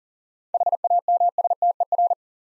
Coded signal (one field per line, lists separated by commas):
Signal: Morse code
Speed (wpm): 39 wpm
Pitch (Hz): 700 Hz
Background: none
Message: HAMSTER